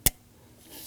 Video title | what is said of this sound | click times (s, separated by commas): How to Replace Intake Manifold 2015-2020 Ford F-150 2.7L V6 | You're going to hear and feel it click in and then push that lock in. | 0.1 s